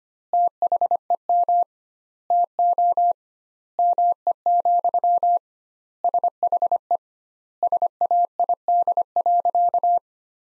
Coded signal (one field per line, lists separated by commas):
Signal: Morse code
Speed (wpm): 25 wpm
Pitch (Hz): 700 Hz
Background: none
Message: THEM TO ME, SHE SAID.